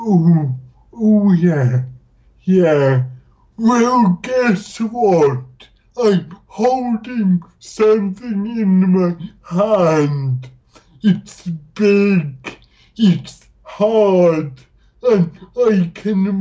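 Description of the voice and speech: Slow, drawn-out speech with stretched syllables, frequent pauses and nasal tone; dysarthria.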